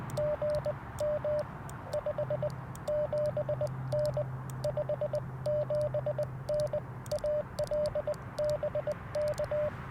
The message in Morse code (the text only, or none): GM 57N 57N AL BK